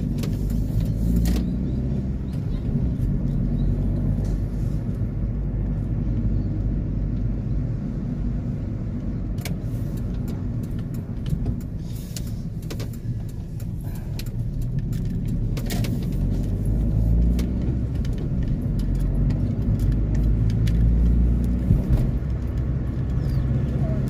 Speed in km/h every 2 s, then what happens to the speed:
29, 33, 32, 31, 26, 16, 13, 21, 28, 35, 42, 42.
0-6 steady at about 31. 6-11 brakes to 13. 12-24 speeds up to 42.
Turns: 10-13.